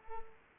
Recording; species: mosquito wingbeat signal from an infrared sensor; Culex pipiens